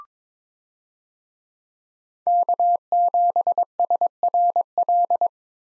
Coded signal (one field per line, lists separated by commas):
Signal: Morse code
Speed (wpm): 22 wpm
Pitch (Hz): 700 Hz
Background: none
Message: K7SRL